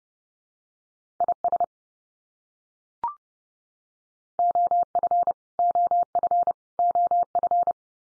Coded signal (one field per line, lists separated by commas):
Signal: Morse code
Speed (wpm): 30 wpm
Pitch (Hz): 700 Hz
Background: none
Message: IS OF OF OF